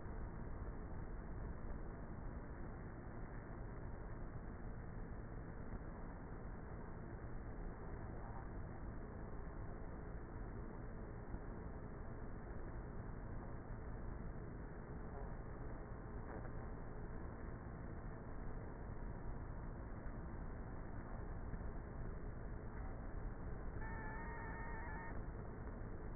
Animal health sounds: honeybee colony, microphone inside the hive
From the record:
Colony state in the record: queenless with a low population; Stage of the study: before two queens were removed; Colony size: about 30,000 bees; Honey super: no

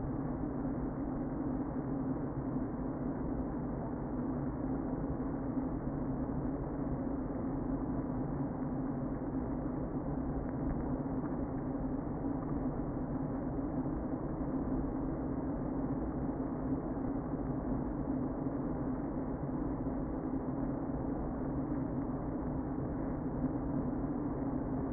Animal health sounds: honeybee colony, microphone inside the hive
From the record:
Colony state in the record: queen present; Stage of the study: before two queens were removed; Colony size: about 60,000 bees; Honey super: yes

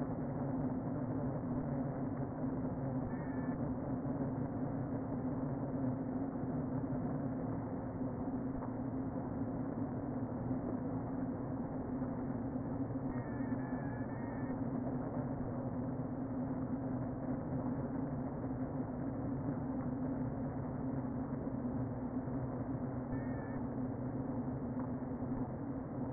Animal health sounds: honeybee colony, microphone inside the hive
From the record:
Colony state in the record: queen present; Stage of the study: before two queens were removed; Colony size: about 60,000 bees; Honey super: yes

